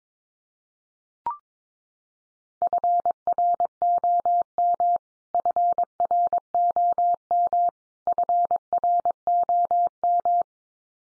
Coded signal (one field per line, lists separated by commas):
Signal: Morse code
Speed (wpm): 22 wpm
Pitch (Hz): 700 Hz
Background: none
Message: FROM FROM FROM